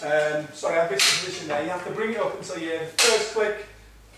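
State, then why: Not seated. Someone talks while handling the backrest of a Milan 3 Seater clic clac futon sofabed with a rubberwood frame, which works in a click-clac hinge mechanism. Two sharp, bright bursts of handling noise stand out at about 1.0 and 3.0 seconds over the speech. The backrest is being lifted toward the hinge click before going back down to the reclined position, but nothing has clicked or seated yet.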